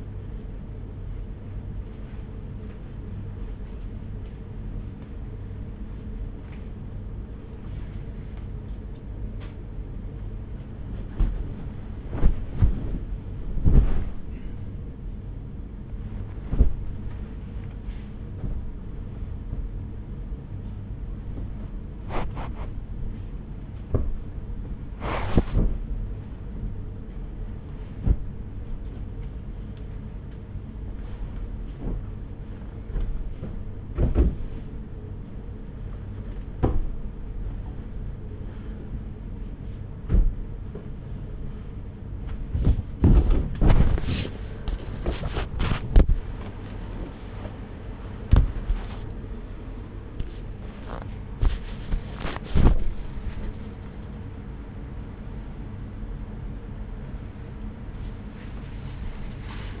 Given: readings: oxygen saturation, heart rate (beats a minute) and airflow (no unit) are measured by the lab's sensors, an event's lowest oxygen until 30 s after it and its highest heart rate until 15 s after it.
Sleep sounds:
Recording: a person awake in a sleep study, by a smartphone at the bedside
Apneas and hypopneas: none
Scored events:
0.00-59.80 s: awake
0.00-59.80 s: awake
From the record:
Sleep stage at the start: awake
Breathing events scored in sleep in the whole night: 210 in 6.9 hours asleep

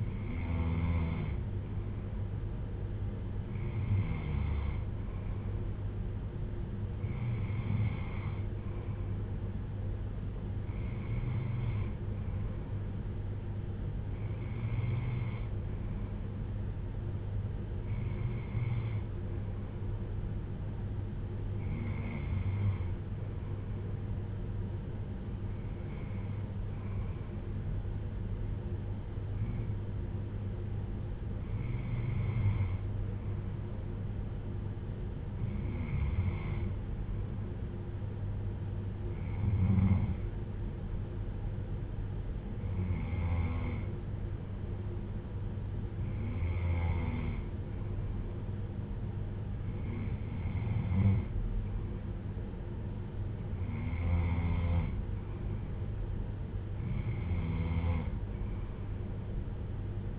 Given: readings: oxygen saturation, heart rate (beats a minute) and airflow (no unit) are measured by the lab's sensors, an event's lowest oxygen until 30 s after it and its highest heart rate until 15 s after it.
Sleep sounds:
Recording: breathing in sleep by a smartphone at the bedside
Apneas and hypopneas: none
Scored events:
none scored
From the record:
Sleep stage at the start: N2 (light sleep)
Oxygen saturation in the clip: 93 to 95%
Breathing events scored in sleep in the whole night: 310 in 8.1 hours asleep

